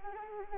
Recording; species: mosquito wingbeat signal from an infrared sensor; Anopheles arabiensis